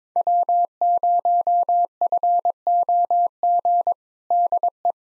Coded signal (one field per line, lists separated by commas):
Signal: Morse code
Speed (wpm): 22 wpm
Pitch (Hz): 700 Hz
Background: none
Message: W0FOG DE